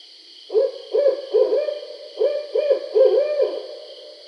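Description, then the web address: Barred owl hooting in two rhythmic phrases of three deep notes each, the last note of each phrase stretched and slurred, with a constant high-pitched hum behind. Recorded 20 July 2012. "Barred Owl 2012 07 20 Barred Owl"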